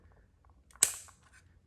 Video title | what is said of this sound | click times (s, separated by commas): Dragon Ball Z Sh Figuarts - Unboxing Frieza First Form | Oh, wow, that was a gigantic click. | 0.8 s